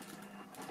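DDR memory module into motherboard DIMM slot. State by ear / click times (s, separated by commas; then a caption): not seated / none. A tight-fitting Kingston DDR memory module is pressed down into a motherboard DIMM slot, with steady low noise and a brief slight swell around 0.55 s. The module looks inserted, but it has not clicked or seated yet.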